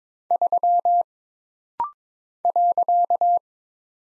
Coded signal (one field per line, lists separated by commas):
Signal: Morse code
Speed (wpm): 22 wpm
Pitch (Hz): 700 Hz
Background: none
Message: 3 .